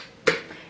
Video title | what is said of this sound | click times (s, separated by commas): ☀ 1858 - LAURA N'EST PAS DU TOUT CONTENTE ! [VLOG FAMILLE NOMBREUSE] | je pense que tu as vu, elle se clipse plus bien. Donc le truc au-dessus ne se clipse plus bien non plus. | 0.3 s